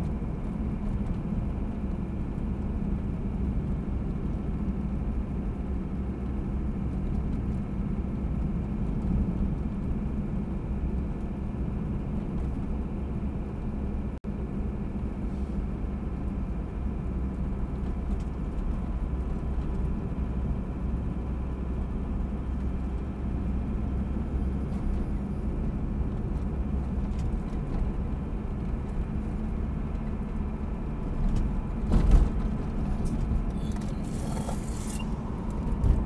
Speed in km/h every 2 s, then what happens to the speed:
53, 50, 49, 49, 48, 49, 50, 49, 48, 47, 47, 47, 49, 51, 54, 55, 56, 55.
0-22 steady at about 49. 22-29 speeds up to 55. 29-36 steady at about 55.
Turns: none.